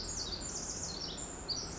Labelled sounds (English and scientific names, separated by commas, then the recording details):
Pacific Wren (Troglodytes pacificus)
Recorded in Sonoma County, California